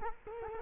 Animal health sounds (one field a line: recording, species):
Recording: mosquito wingbeat signal from an infrared sensor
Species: Culex quinquefasciatus